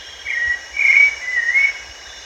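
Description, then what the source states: Grey-cheeked bulbul calling in three slurred whistles, the middle one loudest, against a constant high insect hum. Recorded at Danum on 1 April 2006.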